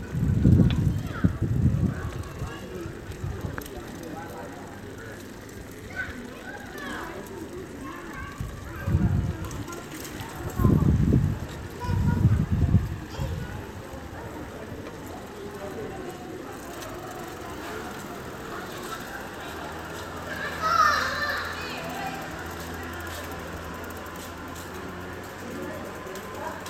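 A night bike ride through town, with a steady wash of street noise and voices throughout. Heavy low thumps and rumbles come in bursts near the start and around the ten-to-thirteen second mark. A brief brighter squeak rises at about twenty seconds, followed by a low, even hum.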